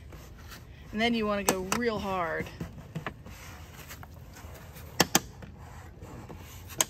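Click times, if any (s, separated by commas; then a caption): 5.0 s, 5.1 s, 6.8 s. A ratcheting plastic trim ring is pressed hard around an RV door window frame so it clicks down as tight as possible. Someone talks briefly at the start, then sharp ratchet clicks are heard at 5.0, 5.2 and 6.8 seconds. The window trim ring is seated, clicked down tight.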